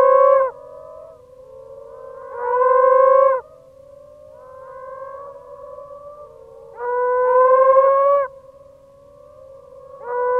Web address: moaning frog